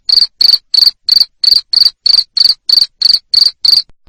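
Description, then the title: Cricket sounding a dozen loud, high-pitched chirps at a rapid regular rate, then falling silent. Loud cricket chirping played to make lovebirds keep singing. "Suara JANGKRIK NGERIK Keras Bikin LOVEBIRD Jadi NGEKEK Terus Vubey"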